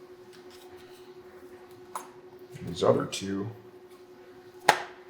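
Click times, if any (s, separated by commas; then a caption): 4.7 s. A grommet-and-ball push fastener holding the fairing on a 2018 BMW S1000RR is pulled out with a little pressure while someone talks, after a faint tick at 2.0 s. The fastener pops free with a sharp snap at 4.7 s, and the fastener is released.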